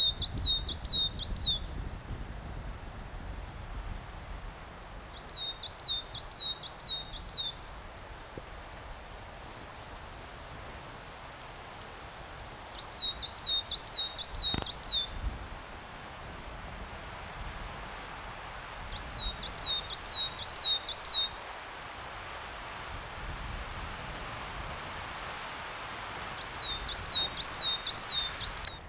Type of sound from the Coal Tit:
song